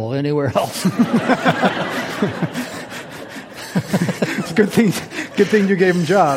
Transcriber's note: laughter